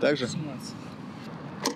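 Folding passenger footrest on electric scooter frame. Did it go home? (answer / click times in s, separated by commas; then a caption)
yes / 1.7 s. Someone talks as the rear passenger folding footrest on the frame of a 2021 CITYCOCO KUGOO C7 4000 W electric scooter with a 50 Ah battery is moved into place. A short, sharp tick at 1.7 s marks the footrest locking into position.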